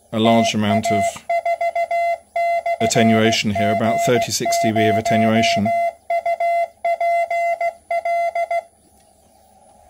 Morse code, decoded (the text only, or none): TA4/G0UPL